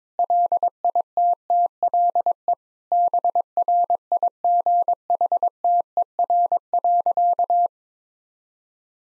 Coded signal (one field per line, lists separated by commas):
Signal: Morse code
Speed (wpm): 22 wpm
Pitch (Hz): 700 Hz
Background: none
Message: LITTLE BRIGHTER.